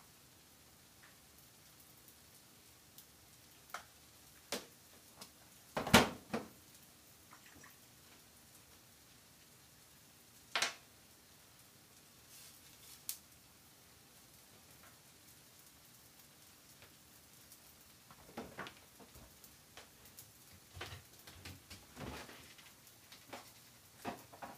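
Cabbage-yaki being made on a griddle: a quiet, steady low hiss runs underneath while sharp clicks and taps land irregularly, with the loudest knocks near six and ten seconds. Toward the end the taps come closer together in small clusters.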